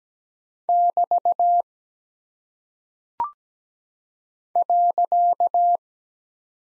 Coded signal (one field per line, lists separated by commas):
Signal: Morse code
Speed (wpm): 17 wpm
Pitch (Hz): 700 Hz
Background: none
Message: <BT> .